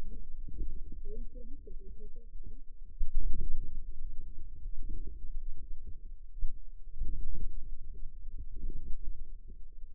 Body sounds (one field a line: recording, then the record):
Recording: forearm muscle sounds (acoustic myography)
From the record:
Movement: outward rotation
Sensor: system 2, bracelet of six BSWA MPA416 microphones around the upper forearm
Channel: 2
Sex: female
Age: 21 years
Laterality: right